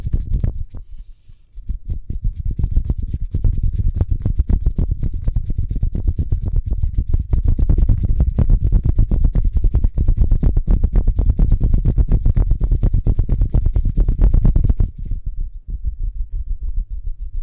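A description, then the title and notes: Fast hands rub together in a dense, steady rasping whoosh, pausing briefly near the start and thinning to softer strokes for the last two seconds. ASMR Speedy Hand Sounds (No Talking).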